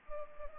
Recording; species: mosquito wingbeat signal from an infrared sensor; Culex pipiens